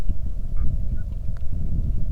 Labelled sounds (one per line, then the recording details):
songbird
waterfowl
wind
rain
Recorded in the Arctic National Wildlife Refuge, Alaska, on 3 August 2019 at 09:05
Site 46